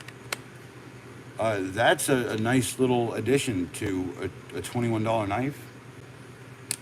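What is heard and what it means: A budget $21 folding pocket knife is handled and pushed toward its small scabbard while someone talks over a quiet background, with a couple of brief sharp ticks near the start and end. Nothing has seated or clicked into the scabbard yet.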